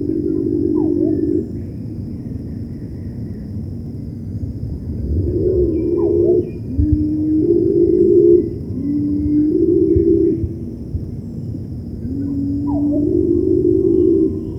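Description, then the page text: Cinnamon-bellied imperial pigeon giving deep, drawn-out moaning hoots, each held steady for a second or two, several stepping from a lower to a higher tone. "Cinnamon-Bellied Imperial Pigeon Call. Quick Sounds"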